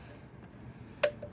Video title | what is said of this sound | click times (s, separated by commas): How to Prep GY6 Body Panel and Wires 38 of 40 | you go you hear a snap finally I did twice to make sure maybe maybe a third time just to double-check okay | 1.0 s